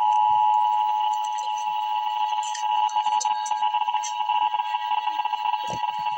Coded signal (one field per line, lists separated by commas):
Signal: Emergency Alert System (SAME) tones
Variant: 853 and 960 Hz attention tone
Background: speech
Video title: Emergency Alert System - Flood Advisory - Aug 2, 2024 at 7:08 PM EDT